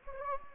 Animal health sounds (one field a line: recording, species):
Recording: mosquito wingbeat signal from an infrared sensor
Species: Anopheles gambiae